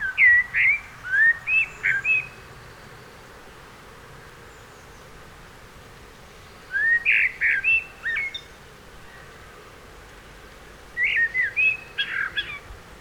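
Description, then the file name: Common blackbird singing three bursts of mellow whistled notes separated by pauses of a few seconds. "Turdus merula"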